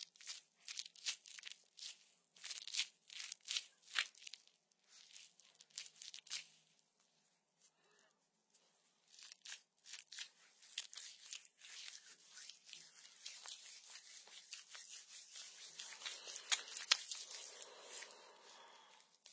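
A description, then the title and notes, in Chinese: Crisp slime squelches and crackles come in quick separate bursts, then thicken from about ten seconds into a denser, steady sticky crinkling. 足袜 黏液。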